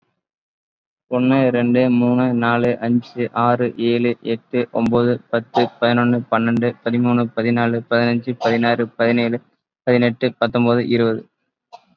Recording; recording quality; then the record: counting at a fast pace; excellent, no background noise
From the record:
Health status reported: COVID-19 positive, mild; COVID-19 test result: positive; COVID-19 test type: RT-PCR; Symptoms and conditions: diabetes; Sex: male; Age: 29 years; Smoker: no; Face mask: not worn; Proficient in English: yes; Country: India